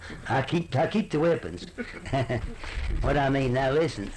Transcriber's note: laughs